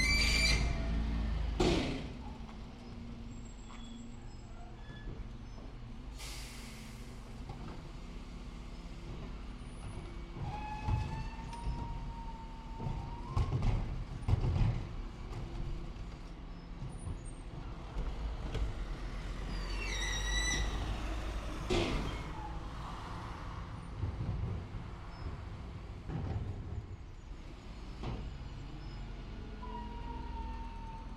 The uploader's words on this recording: Springtime residential soundscape from the suburbs of South London during the first lockdown. The recording presents the entire refuse collection sequence from the point of audition of my bedroom. The bin lorry turns into the top of the street, gradually moves down the street passing by my bedroom window where the microphones are positioned, and steadily disappears from within earshot.